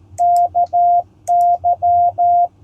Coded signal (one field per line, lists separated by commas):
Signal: Morse code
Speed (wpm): 16 wpm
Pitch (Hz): 700 Hz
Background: none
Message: KY